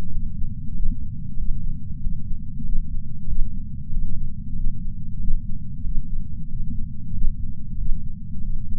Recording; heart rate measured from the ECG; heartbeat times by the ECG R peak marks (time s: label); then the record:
heart sounds by patch sensor on the chest; 94 bpm
0.10 s: heartbeat
0.73 s: heartbeat
1.36 s: heartbeat
1.99 s: heartbeat
2.63 s: heartbeat
3.26 s: heartbeat
3.90 s: heartbeat
4.54 s: heartbeat
5.18 s: heartbeat
5.83 s: heartbeat
6.47 s: heartbeat
7.12 s: heartbeat
7.76 s: heartbeat
8.41 s: heartbeat
From the record:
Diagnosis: coronary artery disease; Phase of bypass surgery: postoperative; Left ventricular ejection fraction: 63.8%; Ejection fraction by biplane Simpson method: 63.7%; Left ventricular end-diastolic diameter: 46 mm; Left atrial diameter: 36 mm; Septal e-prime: 6 cm/s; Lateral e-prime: 8.7 cm/s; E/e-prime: 11.2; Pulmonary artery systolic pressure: 20 mmHg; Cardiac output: 4.6 L/min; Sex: male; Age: 58 years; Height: 170 cm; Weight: 80 kg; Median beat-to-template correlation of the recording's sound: 0.85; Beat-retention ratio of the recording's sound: 0.99